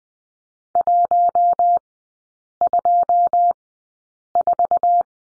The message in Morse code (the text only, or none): 124